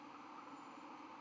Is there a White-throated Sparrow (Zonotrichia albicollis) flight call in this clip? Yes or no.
no